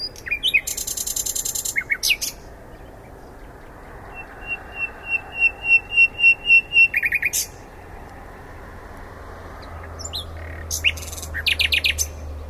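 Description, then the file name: Common nightingale song: bursts of dry rattling notes, then a slow series of pure whistles swelling louder, followed by silence and more rattling phrases. "Luscinia megarhynchos"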